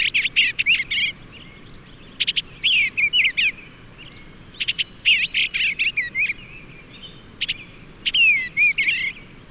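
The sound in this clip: Bird song in short jumbled bursts of chirps, clicks and twisting whistles, separated by pauses, over a steady high insect-like hum.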